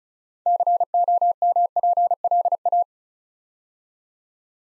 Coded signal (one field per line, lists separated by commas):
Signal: Morse code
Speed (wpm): 36 wpm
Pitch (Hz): 700 Hz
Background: none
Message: COMPLA